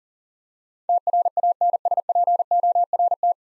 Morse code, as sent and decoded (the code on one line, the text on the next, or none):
- .-. .- -. ... .--. --- .-. -
TRANSPORT